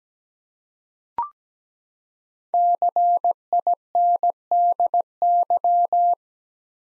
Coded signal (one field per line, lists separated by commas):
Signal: Morse code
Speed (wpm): 17 wpm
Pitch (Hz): 700 Hz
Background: none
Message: CINDY